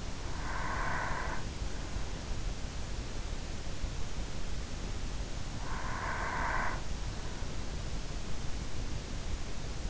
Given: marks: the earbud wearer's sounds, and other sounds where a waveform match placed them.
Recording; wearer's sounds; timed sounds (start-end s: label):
sounds in sleep by an in-ear microphone; breath
0.00-1.82 s: breath
5.73-7.74 s: breath